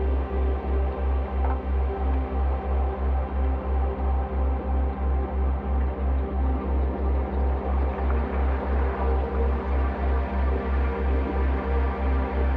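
A slowed, resonated dishwasher recording turned into a drone, built on a deep bass throb that pulses at a steady, quick rate throughout. Layered tones hum above it, with a faint swirling shimmer that brightens slightly past the midpoint.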